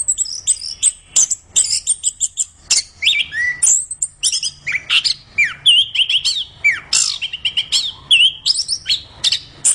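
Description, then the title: Orange-headed thrush giving a long, lively song of high twitters, sharp chirps and looping whistled notes, varied and nearly continuous throughout. Described as singing vigorously ('gacor'). "Anis Kembang Gacor"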